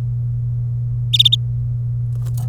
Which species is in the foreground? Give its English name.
Domestic Canary